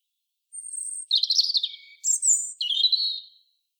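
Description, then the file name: European robin song: a thin, very high sustained note, then three warbled phrases with brief pauses between. "Erithacus rubecula"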